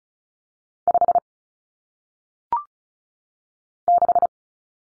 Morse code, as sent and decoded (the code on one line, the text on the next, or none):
..... / -....
5 6